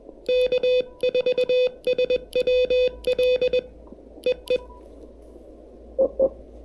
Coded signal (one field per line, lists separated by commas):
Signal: Morse code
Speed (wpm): 20 wpm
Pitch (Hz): 500 Hz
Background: none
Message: K4SWL EE EE